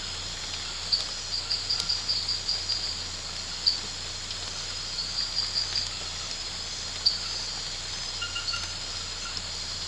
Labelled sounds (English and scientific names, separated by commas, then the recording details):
none
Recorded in pastures near Puerto Asís, Putumayo, Colombia, on 8 March 2025 at 03:00
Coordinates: 0.472, -76.329
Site G074